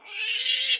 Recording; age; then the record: pig call; piglet (1 to 25 days)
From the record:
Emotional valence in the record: negative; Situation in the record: restrain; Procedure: in the arms of a person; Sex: male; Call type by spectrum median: high-frequency call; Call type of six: high-frequency stable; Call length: 0.80 s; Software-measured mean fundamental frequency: 301 Hz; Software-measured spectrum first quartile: 2906 Hz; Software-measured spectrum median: 3408 Hz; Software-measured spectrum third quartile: 4833 Hz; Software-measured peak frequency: 2818 Hz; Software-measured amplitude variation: 133 dB a second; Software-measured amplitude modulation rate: 16.2 a second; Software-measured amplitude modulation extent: 8.2 dB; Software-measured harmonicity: 3.3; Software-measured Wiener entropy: -2.55